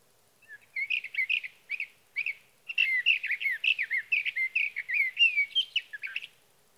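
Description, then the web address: Sage thrasher singing a sustained, jumbled warble of quick varied notes, pausing briefly near the start before a long unbroken stream of phrases. "birdsongforthecurious Sage Thrasher"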